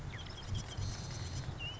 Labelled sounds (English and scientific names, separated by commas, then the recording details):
Marsh Wren (Cistothorus palustris)
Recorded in Sonoma County, California